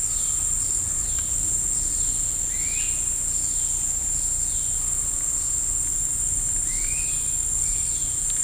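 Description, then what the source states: Insects hum constantly in the high register, with two short rising bird whistles. Bugs heard with birds in the woods of Costa Rica.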